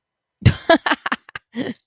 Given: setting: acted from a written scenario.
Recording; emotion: vocal sound without words; amusement